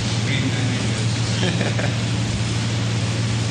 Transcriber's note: laughter